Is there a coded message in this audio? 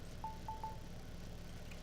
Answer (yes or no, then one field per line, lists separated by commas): no